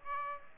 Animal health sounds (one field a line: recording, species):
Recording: mosquito wingbeat signal from an infrared sensor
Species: Aedes aegypti